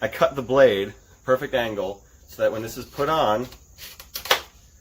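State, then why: Seated. A drilled pine handguard is pushed down over a cherry-wood tang onto the angled base of a wooden sword blade while someone talks. A few small knocks come just after 4 seconds, then a sharp knock at 4.3 s as the handguard locks into place on the blade's angled shoulder.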